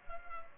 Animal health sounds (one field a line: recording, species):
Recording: mosquito wingbeat signal from an infrared sensor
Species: Culex pipiens